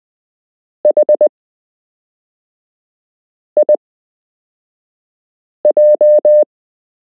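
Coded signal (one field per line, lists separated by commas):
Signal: Morse code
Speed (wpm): 19 wpm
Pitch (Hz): 600 Hz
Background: none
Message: H I J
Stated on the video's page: Beginner Morse code lesson with real Morse code to learn.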